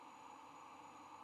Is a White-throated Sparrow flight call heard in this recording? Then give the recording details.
no. No flight call is heard. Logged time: 06:22 on 9 November 2014